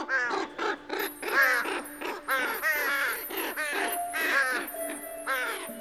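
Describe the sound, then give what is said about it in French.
A chorus of crows caws at night in harsh, raspy bursts, overlapping one another in a rapid, steady stream that stays fairly loud throughout. “Cette nuit-là, paraît-il, tous les corbeaux et les crapauds du monde ont entamé sans se concerter une bien étrange chanson.”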